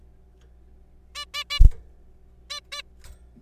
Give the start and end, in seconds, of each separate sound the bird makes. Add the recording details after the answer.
1.15-1.25, 1.34-1.44, 1.50-1.59, 2.50-2.60, 2.72-2.82. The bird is a juvenile. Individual R3428